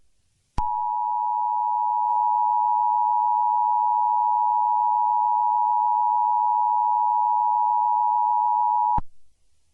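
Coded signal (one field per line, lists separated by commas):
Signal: Emergency Alert System (SAME) tones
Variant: 853 and 960 Hz attention tone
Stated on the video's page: Mock EAS alert exploring WEA and severe thunderstorm criteria, with an added WEA sound.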